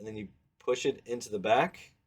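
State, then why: Not seated. A slot car body mounting clip, already set into the front groove of a 1/24 scale slot car chassis, is being pushed into the back of the chassis while someone talks. The clip has not snapped in place yet, and nothing has seated or clicked.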